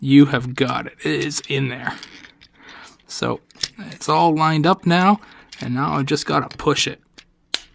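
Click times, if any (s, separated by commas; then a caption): 7.5 s. A plastic panel of a Masterpiece Takara MP-19 Smokescreen transforming robot figure is lined up and pushed into its locking position while someone talks. A sharp, loud click at 7.5 s marks the panel locking into place, and it is seated.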